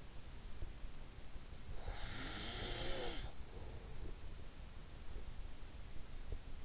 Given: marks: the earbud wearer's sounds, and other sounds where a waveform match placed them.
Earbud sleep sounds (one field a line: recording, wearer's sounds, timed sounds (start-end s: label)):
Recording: sounds in sleep by an in-ear microphone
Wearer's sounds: snoring breath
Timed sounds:
1.64-4.31 s: snoring breath